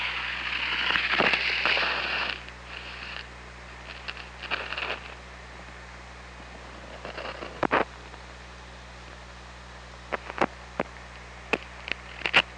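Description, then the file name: Killer whale calls, a pulsed buzzy call at the start followed by shorter squeaky calls, with sharp clicks scattered throughout over a steady low hum. Recorded on an OrcaLab hydrophone on 24 August 2017 at 08:35. "Orca Lab 20170824 083508"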